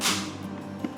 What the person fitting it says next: you should hear that loud click that means that it's on right